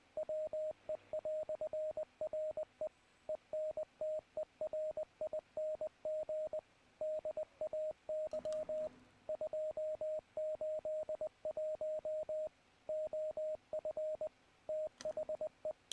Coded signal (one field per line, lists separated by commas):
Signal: Morse code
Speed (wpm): 19 wpm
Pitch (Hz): 620 Hz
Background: radio noise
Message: WE"RE ENTERING DAY 281 OF THE